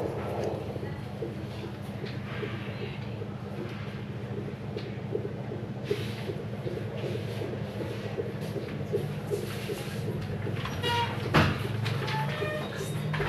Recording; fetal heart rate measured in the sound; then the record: fetal heartbeat by stethoscope microphone, probably a fetal Doppler's sound; 157 bpm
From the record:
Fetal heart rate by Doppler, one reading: 153 bpm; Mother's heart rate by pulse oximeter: 70 bpm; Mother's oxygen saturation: 98%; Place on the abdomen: left of abdomen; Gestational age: 38+ weeks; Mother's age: 22 years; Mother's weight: 47 kg